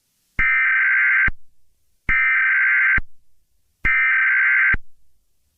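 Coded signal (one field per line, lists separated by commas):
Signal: Emergency Alert System (SAME) tones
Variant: header bursts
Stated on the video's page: Fictional EAS scenario about a hostage situation, simulated alert tones.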